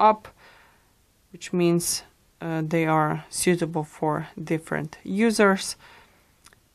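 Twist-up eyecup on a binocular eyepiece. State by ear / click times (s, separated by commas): seated / 6.5 s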